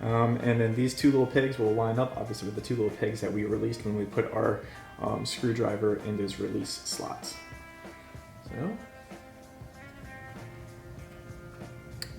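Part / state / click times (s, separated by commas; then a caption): wiring harness connector into steering wheel airbag/trim socket / seated / 12.0 s. Someone talks over background music while pushing a wiring harness plug into its socket behind the carbon fiber steering wheel trim of a BMW M3/M4/M2C, lining up its two small pegs with the two pegs released earlier by putting a screwdriver in the release slots. A short, sharp click at 12.0 s marks the connector seating and locking in place.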